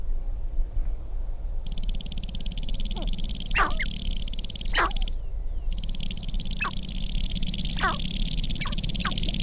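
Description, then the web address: Sharp-tailed grouse display: stretches of rapid rattling buzz broken by brief pauses, with scattered short descending notes layered on top. "Natural Sounds Sharp-tailed Grouse"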